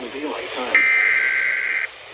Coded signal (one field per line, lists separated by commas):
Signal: Emergency Alert System (SAME) tones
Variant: header bursts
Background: speech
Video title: The last of fall's floods - EAS Alerts from 10-25-23 [EAS #439-450]